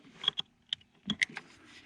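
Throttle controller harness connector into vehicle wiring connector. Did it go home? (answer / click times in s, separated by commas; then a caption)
yes / 0.7 s. On a C7 Corvette, a throttle controller's plastic GM-style electrical connector is plugged into the car's harness connector under the dash. A series of short, sharp plastic clicks and knocks is heard, and the connector clicks in and seats at 0.7 s.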